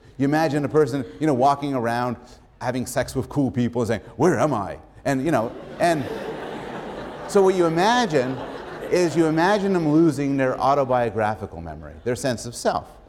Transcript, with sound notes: You imagine the person walking around, having sex with cool people and saying, "Where am I?" And [laughter] so what you imagine is you imagine them losing their autobiographical memory, their sense of self.